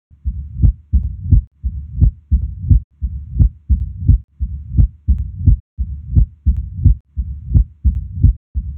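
Regular, evenly spaced low heart thumps heard through a stethoscope on auscultation, with a steady low rumble filling the gaps between beats.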